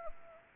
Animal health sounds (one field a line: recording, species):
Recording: mosquito wingbeat signal from an infrared sensor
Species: Anopheles arabiensis